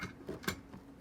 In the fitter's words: yeah it kind of snaps in place